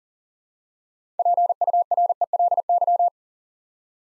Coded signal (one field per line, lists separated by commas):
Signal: Morse code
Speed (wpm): 40 wpm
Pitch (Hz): 700 Hz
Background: none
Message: PURELY